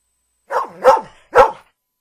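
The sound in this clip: Golden retriever barking: three sharp barks in quick succession, the first two close together and the third after a short gap.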